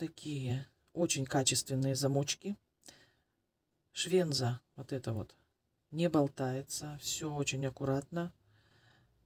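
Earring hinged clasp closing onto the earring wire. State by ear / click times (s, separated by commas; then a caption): not seated / none. Someone talks while handling a small metal earring blank, working its hinged lever-back clasp toward the earring wire, which does not wobble. The clip ends just before the clasp shuts; nothing has clicked or seated yet.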